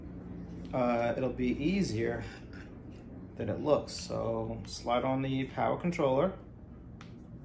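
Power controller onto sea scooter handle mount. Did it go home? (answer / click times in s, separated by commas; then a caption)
yes / 7.0 s. Someone talks while a power controller is slid onto the handle mount of a Subnado sea scooter. A single short snap is heard at 7.0 s as the controller clicks into place and is seated.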